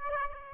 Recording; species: mosquito wingbeat signal from an infrared sensor; Aedes aegypti